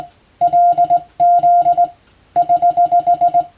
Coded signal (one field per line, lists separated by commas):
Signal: Morse code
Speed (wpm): 20 wpm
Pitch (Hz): 700 Hz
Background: none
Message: LZ <HH>